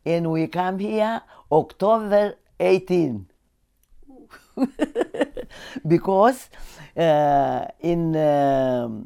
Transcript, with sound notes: and we come here October 18th. (She laughs) Because, uh, in, uh,